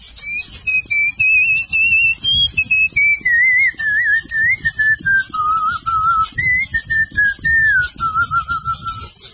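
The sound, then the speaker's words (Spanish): A healer's lone ritual whistle, invoking God to open the charms of a healing ceremony, carries a slow, wavering melody that drifts gradually downward in pitch, with brief breaths between phrases, steady and fairly loud with no voices. “Una mesada para curar, tengo que abrir los encantos mencionando a Dios con un silbo, que eso me nació a mí.”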